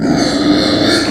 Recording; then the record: squeal of a Yucatan mini pig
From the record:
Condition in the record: before surgery on the right vocal fold (resection and tissue-engineered implant); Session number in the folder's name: 3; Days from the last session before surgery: 0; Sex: female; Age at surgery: 19 weeks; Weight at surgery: 25 kg